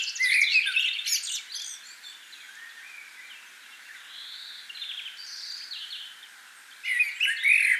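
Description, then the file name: Common blackbird song: a loud warbled phrase, then a quieter stretch with thin whistles, before another loud warbled phrase begins. "Turdus merula"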